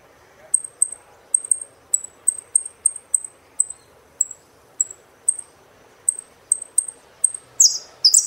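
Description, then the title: Saffron finch calls: short, thin, high chips repeated many times, ending in a brief buzzy phrase. "Jilguero Argentino"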